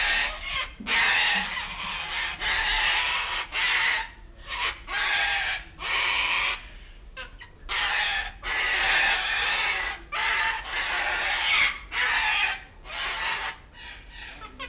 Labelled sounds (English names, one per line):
Long-billed Corella call